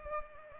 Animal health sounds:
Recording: mosquito wingbeat signal from an infrared sensor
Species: Culex pipiens

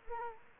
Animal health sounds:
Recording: mosquito wingbeat signal from an infrared sensor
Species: Culex quinquefasciatus

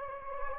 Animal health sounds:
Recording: mosquito wingbeat signal from an infrared sensor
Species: Anopheles gambiae

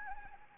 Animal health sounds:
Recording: mosquito wingbeat signal from an infrared sensor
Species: Anopheles gambiae

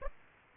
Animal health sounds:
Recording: mosquito wingbeat signal from an infrared sensor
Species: Aedes aegypti

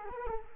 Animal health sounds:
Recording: mosquito wingbeat signal from an infrared sensor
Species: Culex quinquefasciatus

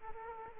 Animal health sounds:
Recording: mosquito wingbeat signal from an infrared sensor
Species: Aedes aegypti

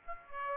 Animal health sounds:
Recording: mosquito wingbeat signal from an infrared sensor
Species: Aedes aegypti

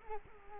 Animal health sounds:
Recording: mosquito wingbeat signal from an infrared sensor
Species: Culex quinquefasciatus

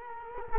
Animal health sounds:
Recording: mosquito wingbeat signal from an infrared sensor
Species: Culex quinquefasciatus

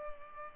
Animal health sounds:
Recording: mosquito wingbeat signal from an infrared sensor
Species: Culex pipiens

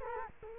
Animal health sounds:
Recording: mosquito wingbeat signal from an infrared sensor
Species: Culex quinquefasciatus

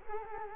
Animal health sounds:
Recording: mosquito wingbeat signal from an infrared sensor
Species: Culex quinquefasciatus

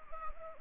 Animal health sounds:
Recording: mosquito wingbeat signal from an infrared sensor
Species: Anopheles arabiensis

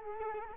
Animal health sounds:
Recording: mosquito wingbeat signal from an infrared sensor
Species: Culex quinquefasciatus

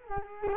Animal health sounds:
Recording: mosquito wingbeat signal from an infrared sensor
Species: Culex quinquefasciatus

